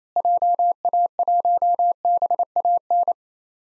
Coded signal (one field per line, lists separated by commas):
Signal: Morse code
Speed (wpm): 28 wpm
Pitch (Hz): 700 Hz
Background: none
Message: JA1BAN